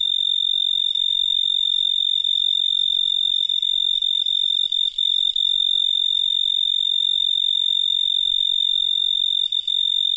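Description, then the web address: Pine tree cricket song, an unbroken high-pitched trill sustained steadily throughout with only tiny flickers in its even tone. Pine tree cricket song, North America. "Songs of Insects. Pine Tree Cricket"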